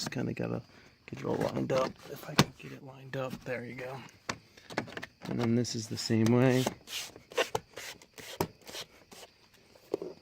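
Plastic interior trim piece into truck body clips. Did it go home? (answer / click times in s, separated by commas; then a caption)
yes / 7.5 s, 8.4 s, 9.9 s. Someone talks while a plastic interior trim piece is pushed back into its clips on a Silverado truck body during a backup camera install. Sharp snaps land at 7.5, 8.4 and 9.9 seconds as the piece seats and everything is together.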